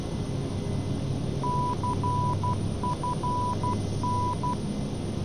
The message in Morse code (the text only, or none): CFN